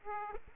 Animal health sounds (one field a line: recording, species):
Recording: mosquito wingbeat signal from an infrared sensor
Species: Aedes aegypti